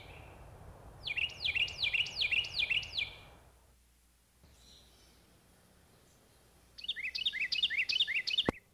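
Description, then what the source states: Carolina Wren singing rolling, repeated phrases, each swooping up and down, in a two-second burst, then a pause and a second similar burst; faint low rumble behind. Several examples of the song, including the tea kettle song; common in open woods and wooded parts of towns and villages.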